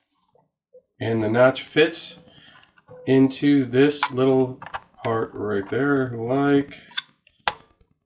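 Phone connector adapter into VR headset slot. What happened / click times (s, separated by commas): The small plastic connector snapped into its slot / 7.5 s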